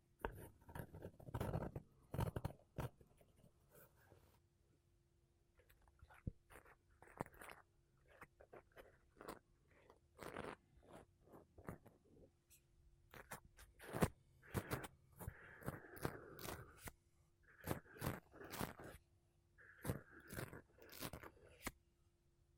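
Makeup brushes and a sponge rub and brush across a microphone in short, bright scratchy strokes, some quick and clustered, others longer and softer swishes. The strokes come irregularly throughout, with brief quiet gaps and a faint steady low hum underneath.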